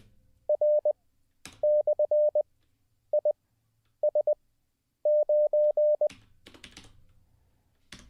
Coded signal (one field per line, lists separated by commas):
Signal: Morse code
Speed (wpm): 20 wpm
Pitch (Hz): 600 Hz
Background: none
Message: R/IS9